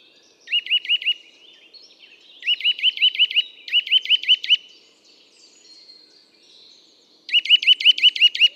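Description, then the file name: Eurasian nuthatch repeating short bursts of sharp, rising whistled notes, several at a time, with a longer quiet spell before a final burst. "Sitta europaea"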